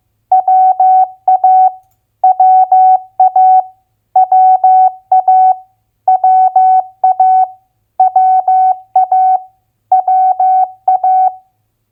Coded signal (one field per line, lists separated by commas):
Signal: Morse code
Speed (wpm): 15 wpm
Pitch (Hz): 750 Hz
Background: none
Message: WA WA WA WA WA WA